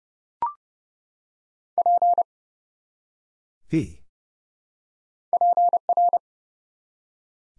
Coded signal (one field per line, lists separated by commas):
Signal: Morse code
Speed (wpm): 30 wpm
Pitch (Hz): 700 Hz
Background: none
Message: P PR